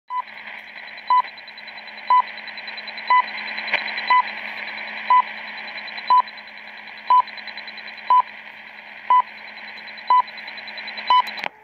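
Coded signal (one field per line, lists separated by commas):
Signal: radio time signal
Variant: WWV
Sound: eleven short 1 kHz tick tones, one each second, over steady shortwave hiss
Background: radio static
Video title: WWV, Time signal (USA)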